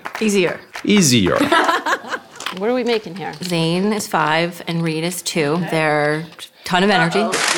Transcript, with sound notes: Easier. Easier. [LAUGHS] What are we making here? Zain is five, and Reid is two. They're a ton of energy.